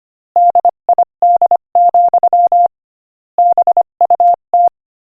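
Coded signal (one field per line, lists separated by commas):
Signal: Morse code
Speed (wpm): 24 wpm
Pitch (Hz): 700 Hz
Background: none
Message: DID, BUT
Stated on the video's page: Morse code practice at 25 wpm, sending an inspirational quotation.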